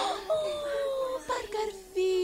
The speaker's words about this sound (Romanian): Veniți, mai bine să vedem copila suratelor. Auziți gânguritul.